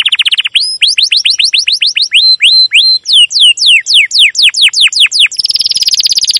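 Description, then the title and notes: Domestic canary singing: a brief buzzy trill, a long run of sweeping downslurred chirps, then a rapid buzzy trill. Long chirping song used as a lure to train other canaries, especially young birds learning their sound. "CUIT CUIT NGEROL LANGSUNG GACOR PANJANG Kenari Ini AMPUH Utk Pancingan KENAR. PANCINGAN Kenari GACOR PANJANG Cuit CUIT EMOSI ini AMPUH utk MASTERAN Kenari PAUD belajar BUNYI. burung kenari"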